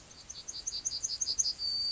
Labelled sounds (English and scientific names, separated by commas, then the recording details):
Yellowhammer (Emberiza citrinella) song
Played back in grassland
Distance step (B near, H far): E
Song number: 133